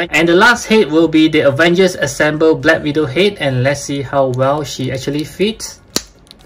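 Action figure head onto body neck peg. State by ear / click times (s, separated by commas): seated / 6.0 s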